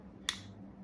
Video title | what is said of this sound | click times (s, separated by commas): American Defense Quick Detach Pro Tips | and then a nice click | 0.3 s